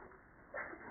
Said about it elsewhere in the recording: That is my cat. She is going through a sneezing fit.